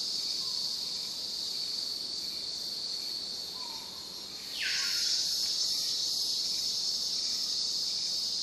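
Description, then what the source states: Cicada chorus as a constant high buzz that swells louder midway after a sharp downward sweep; soft low whistles from birds come and go. Cicadas in a forest, with exotic birds.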